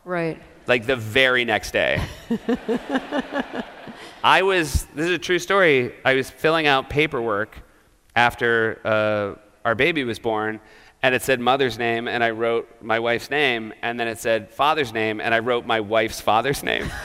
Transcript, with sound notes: Like, the very next day.
(LAUGHTER)
I was - this is a true story. I was filling out paperwork after our baby was born. And it said, mother's name. And I wrote my wife's name. And then it said, father's name. And I wrote my wife's father's name.